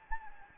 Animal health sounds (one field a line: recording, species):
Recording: mosquito wingbeat signal from an infrared sensor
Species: Anopheles gambiae